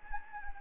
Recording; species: mosquito wingbeat signal from an infrared sensor; Anopheles gambiae